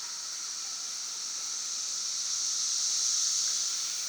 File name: Cicadas at Broken Rock Falls 2016-06-11 512 pm